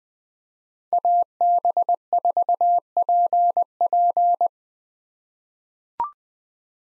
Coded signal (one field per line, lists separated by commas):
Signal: Morse code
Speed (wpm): 20 wpm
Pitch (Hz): 700 Hz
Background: none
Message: AB4PP